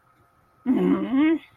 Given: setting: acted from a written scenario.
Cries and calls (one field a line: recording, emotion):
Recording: vocal sound without words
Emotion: anger